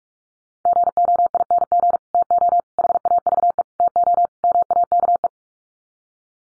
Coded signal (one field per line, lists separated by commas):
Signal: Morse code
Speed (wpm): 44 wpm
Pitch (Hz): 700 Hz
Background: none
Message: GOING TO HAVE TO MAKE